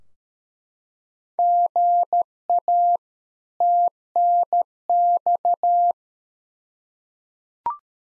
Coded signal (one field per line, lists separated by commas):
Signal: Morse code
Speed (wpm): 13 wpm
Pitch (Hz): 700 Hz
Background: none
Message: GA TNX